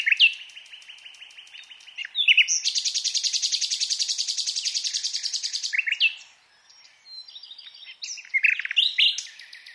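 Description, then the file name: Common nightingale song: a low buzzy trill, then a long loud rapid rattle of repeated notes lasting several seconds, a pause, then varied whistles. "Luscinia megarhynchos"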